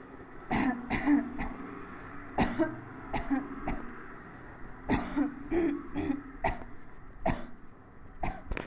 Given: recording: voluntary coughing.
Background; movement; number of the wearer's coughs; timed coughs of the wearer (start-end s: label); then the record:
traffic; sitting; 10
0.48-0.86 s: cough
0.88-1.27 s: cough
1.37-1.74 s: cough
2.35-2.74 s: cough
3.11-3.49 s: cough
3.65-3.87 s: cough
4.86-5.34 s: cough
6.41-6.67 s: cough
7.23-7.52 s: cough
8.20-8.46 s: cough
From the record:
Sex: female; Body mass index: 22.6 kg/m2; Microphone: on the chest, facing the body